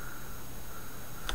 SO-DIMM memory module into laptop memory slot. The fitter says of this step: Pop it in, push, and then drop it down until it clicks.